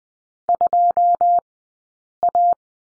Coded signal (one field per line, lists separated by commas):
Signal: Morse code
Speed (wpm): 20 wpm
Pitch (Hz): 700 Hz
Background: none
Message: 2A